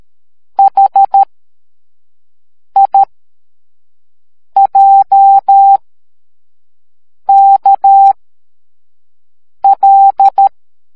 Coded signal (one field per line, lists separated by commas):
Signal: Morse code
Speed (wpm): 13 wpm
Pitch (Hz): 790 Hz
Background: none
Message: H I J K L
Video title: See and hear Morse Code